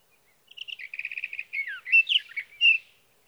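Sage thrasher song with a rapid stuttered series of identical notes early on, then sliding into varied warbled and whistled phrases.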